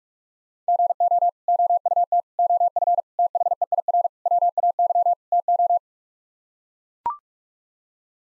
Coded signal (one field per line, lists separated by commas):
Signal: Morse code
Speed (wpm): 43 wpm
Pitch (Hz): 700 Hz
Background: none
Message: GO OUT OF THEIR WAY TO